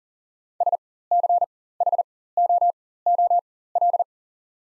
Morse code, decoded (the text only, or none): SCHOOL